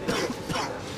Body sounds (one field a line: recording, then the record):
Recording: coughing mixed with background sound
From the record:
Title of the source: Coughing 46